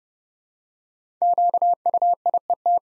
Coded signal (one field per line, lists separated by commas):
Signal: Morse code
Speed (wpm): 30 wpm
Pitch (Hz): 700 Hz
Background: none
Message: QUIET